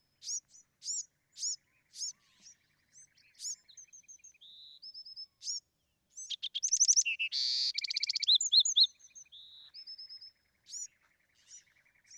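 Bewick's wren: songbird singing high, varied phrases: spaced upslurred notes, short whistled tones, then a loud dense buzzy rattle followed by softer notes and a thin trill.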